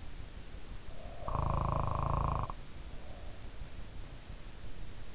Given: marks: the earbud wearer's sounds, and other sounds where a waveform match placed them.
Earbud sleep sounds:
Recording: sounds in sleep by an in-ear microphone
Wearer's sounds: snoring breath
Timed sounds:
0.92-3.44 s: snoring breath

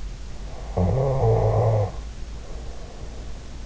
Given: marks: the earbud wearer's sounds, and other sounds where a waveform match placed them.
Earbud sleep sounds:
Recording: sounds in sleep by an in-ear microphone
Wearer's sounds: snoring breath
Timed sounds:
0.60-3.15 s: snoring breath

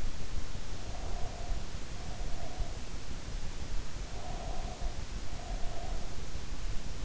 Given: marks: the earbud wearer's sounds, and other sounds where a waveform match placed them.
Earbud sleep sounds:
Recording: sounds in sleep by an in-ear microphone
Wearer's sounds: breath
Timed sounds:
0.75-2.89 s: breath
4.04-6.22 s: breath

